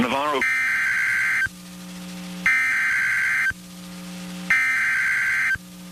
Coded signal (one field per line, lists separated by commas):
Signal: Emergency Alert System (SAME) tones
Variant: header bursts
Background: speech